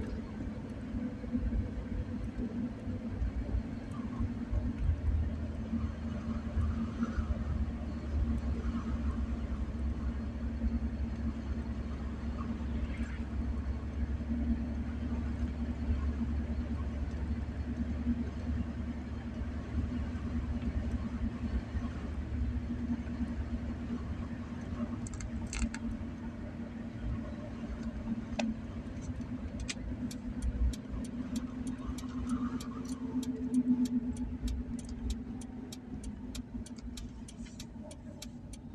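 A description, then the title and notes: Driving, with a steady low engine hum and road rumble running the whole time and a slight rise and fall in pitch. A few faint clicks and taps come in around 25 seconds, then a quick run of ticking from about 30 seconds to the end. Driving.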